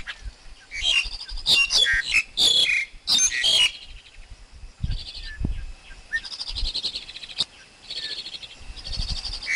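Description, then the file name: Black-collared Starling song: a burst of varied whistles, squeaky notes and chattering phrases, followed by quieter buzzy chatter. Wild forest Black-collared Starling song; recording meant for training young birds to sing. "Tieng chim ca cuong rung tap chim con hot"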